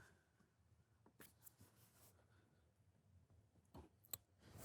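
An alligator-style lower anchor clip on a car seat base is popped down onto the vehicle anchor bar, with soft scraping and handling noises before a sharp click at 4.1 s. The clip seats on the bar and is then tugged to check that it is secure.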